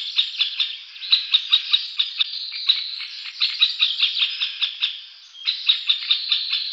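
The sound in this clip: Middle Spotted Woodpecker chatter, a long irregular series of short nasal notes, brief pauses between bursts.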